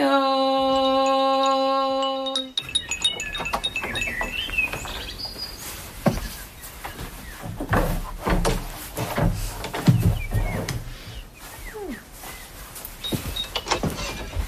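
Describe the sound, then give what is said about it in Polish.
A steady humming tone cuts off as a door is opened wide in fine weather, letting in a wash of outdoor ambience with scattered bird chirps and soft rustling clatter that continues for several seconds. “A zostawmy te drzwi otwarte. Jest ładna pogoda, się zrobiło. Otwieram na oścież.”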